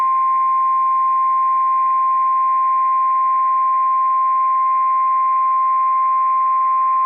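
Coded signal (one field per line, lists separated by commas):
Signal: Emergency Alert System (SAME) tones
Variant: 1050 Hz attention tone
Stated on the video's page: Real alert tones.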